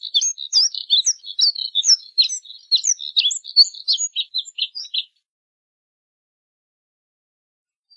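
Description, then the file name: Moussier's redstart song: a rapid, scratchy warble of high twittering notes running for about five seconds, then silence. "Canto do Redstart de Moussier"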